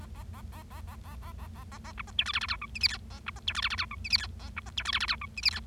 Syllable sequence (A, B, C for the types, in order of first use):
A A A A A A A A A A A A B C D E F F G H I J K A B C D E F F G H I J K A B C D E F F G H I J K